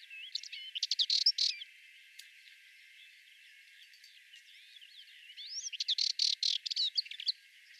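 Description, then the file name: Sardinian warbler song, two fast scratchy chattering bursts with a quieter stretch of scattered notes and thin slurs between them. "Fauvette melanocephale"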